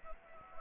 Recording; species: mosquito wingbeat signal from an infrared sensor; Anopheles gambiae